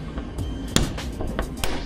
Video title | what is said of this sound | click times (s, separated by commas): I DRILLED OUT HOLES ON MY CARBON FIBER HOOD!! | Let me get a good click for you guys right here. | 0.8 s